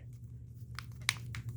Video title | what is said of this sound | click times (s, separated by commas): Motorola Moto e6 unboxing For Free! (Visible Wireless) | make sure you pop it snaps in place alright | 0.8 s, 1.1 s, 1.3 s